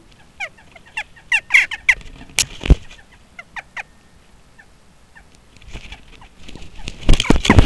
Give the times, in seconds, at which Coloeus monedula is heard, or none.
0.14-2.26, 2.59-3.84, 4.56-4.65, 5.13-5.23, 5.89-6.28, 6.54-6.86, 7.21-7.57